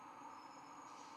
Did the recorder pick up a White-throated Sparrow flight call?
no